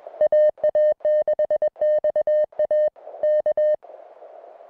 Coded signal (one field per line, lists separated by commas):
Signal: Morse code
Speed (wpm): 21 wpm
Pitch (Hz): 610 Hz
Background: music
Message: AA6XA K